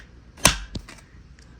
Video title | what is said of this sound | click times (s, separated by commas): Off Grid Knives: Caiman XXL | Hear that loud click? It's in there, it ain't going nowhere. | 0.5 s